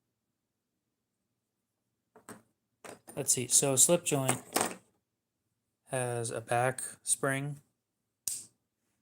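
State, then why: Seated. Someone talks, then opens a slip joint pocket knife, and its steel blade snaps into the open position against the back spring. One sharp click sounds at 8.3 s as the folding knife blade seats in place.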